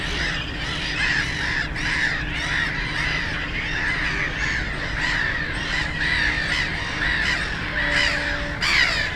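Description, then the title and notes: Black-headed gulls calling in a dense, continuous chorus of harsh, grating cries, with a steady low rumble of traffic beneath. Black-headed gulls, loudest of many birds at Żabie Doły (Frog Ponds), a former coal-mining site in Bytom, Poland; nearby DK79 road and railway audible; recorded with Zoom F4 and AT BP4025. "Żabie Doły, Bytom, Polska - Black-headed gulls at Frog Ponds complex. The ponds are now filled with plenty of birds with black-headed gulls being the loudest. Najgłośniejsze okazały się śmieszki"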